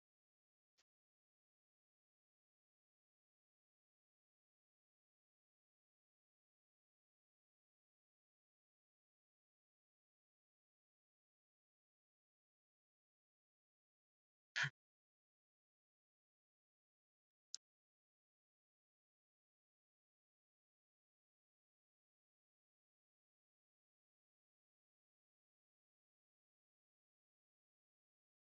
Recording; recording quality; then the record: deep breathing; poor, much background noise or distortion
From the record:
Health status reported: recovered from COVID-19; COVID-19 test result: positive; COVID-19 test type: RT-PCR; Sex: male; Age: 41 years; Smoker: no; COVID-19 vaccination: both doses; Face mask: worn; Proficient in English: yes